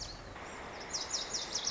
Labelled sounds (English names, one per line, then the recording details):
Lazuli Bunting
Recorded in Sonoma County, California